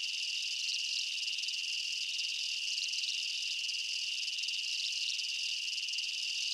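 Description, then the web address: Many insects chirp together in a steady, piercing high hum with soft repeated pulses layered through it. Night-time jungle ambience of chirping insects and bugs. "Blastwave INSECTS Amb Night Jungle BU. ambience insects chirps night jungle bugs"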